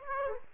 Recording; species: mosquito wingbeat signal from an infrared sensor; Aedes aegypti